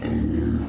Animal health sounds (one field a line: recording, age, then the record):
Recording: pig call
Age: growing-finishing pig (85 days or more)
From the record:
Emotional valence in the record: negative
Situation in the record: barren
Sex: female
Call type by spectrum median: low-frequency call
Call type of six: low-frequency modulated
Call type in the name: low-frequency modulated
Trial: 1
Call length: 0.69 s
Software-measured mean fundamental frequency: 57 Hz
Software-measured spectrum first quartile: 115 Hz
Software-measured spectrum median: 222 Hz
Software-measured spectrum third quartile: 332 Hz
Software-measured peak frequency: 292 Hz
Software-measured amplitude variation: 153 dB a second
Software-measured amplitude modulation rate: 29.8 a second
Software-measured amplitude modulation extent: 5.1 dB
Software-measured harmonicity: -2.1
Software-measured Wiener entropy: -0.84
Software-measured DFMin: 855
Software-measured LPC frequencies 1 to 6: 293, 1881, 2830, 3723, 4617, 5342 Hz